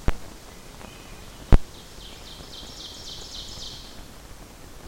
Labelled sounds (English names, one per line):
Ovenbird song